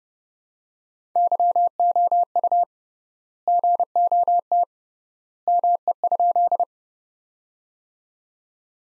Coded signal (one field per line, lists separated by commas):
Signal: Morse code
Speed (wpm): 32 wpm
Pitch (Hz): 700 Hz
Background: none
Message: YOU GOT ME?